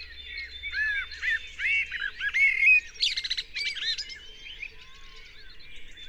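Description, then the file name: Common blackbird song phrases: arched, fluty whistles in a mid-high register, then a burst of sharp, high twittering notes. "Turdus merula"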